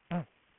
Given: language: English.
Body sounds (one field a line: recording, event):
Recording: throat vibration sensor signal played as sound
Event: throat clearing